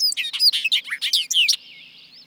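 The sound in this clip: Bobolink song, an effervescent tumble of squeaky, metallic notes for over a second, then faint buzzy background birds.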